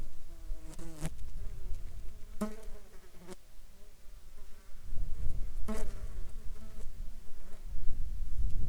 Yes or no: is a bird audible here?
no